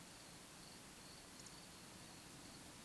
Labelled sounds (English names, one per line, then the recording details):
Eurasian Woodcock whistle
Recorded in Baden-Württemberg, Germany, on 25 June 2020 at 20:05 UTC
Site 46874, 985 m above sea level